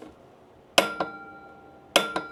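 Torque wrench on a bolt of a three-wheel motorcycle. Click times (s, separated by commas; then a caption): 0.8 s, 2.0 s. A torque wrench tightens a bolt on a Can-Am Ryker three-wheel motorcycle set to 52 ft-lb. Two loud, sharp metallic clicks sound at 0.8 s and 2.0 s, each followed by a softer ringing tick and a bright, fading ring. The wrench clicks at its setting, confirming the bolt has reached 52 ft-lb.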